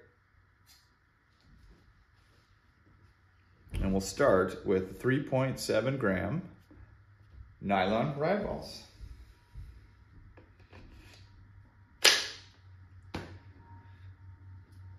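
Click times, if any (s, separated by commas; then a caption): 12.0 s. Someone talks, then a magazine loaded with 3.7 gram nylon rounds is pushed into the grip of a Tippmann TMC/Byrna Mission 4 less-lethal launcher pistol, with a few short sharp hits near the end. It latches with a loud, firm click at 12.1 s and seats fully with no slop.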